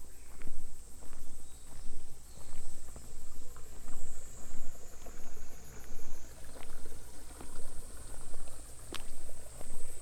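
A field recording from Kyoto, dominated by a steady, high insect trill, likely crickets, that swells and fades in a regular pulse about once a second. Beneath it runs a low, constant rumble, with scattered soft taps and a sharp click near the end.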